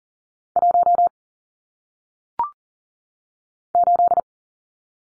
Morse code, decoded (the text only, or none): 1 8